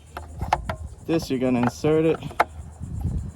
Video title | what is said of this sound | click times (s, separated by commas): JEEP GLADIATOR Taillight BULB Replacement. Easy! | to it clicks in place | 0.5 s